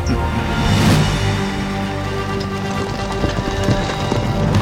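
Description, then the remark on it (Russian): About two thousand horses, each ridden by a guard with a second rider behind, gallop at night in a dense, continuous patter of hoofbeats, steady and fairly loud throughout, with a sustained low droning tone running underneath. “Две тысячи лошадей скакали в ночи.”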